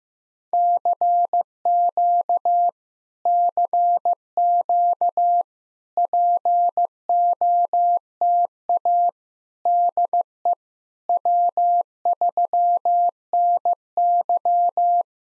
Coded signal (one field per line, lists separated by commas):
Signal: Morse code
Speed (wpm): 15 wpm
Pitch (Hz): 700 Hz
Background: none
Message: CQ CQ POTA DE W3NY